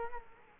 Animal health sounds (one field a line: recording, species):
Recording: mosquito wingbeat signal from an infrared sensor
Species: Culex quinquefasciatus